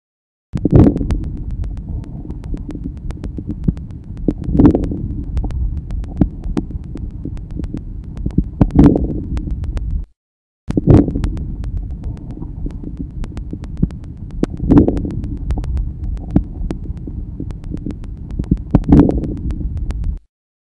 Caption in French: Les crépitants de début d'inspiration. Ils sont peu nombreux et localisés au début de l'inspiration. Ils sont caractéristiques d'une obstruction bronchique sévère.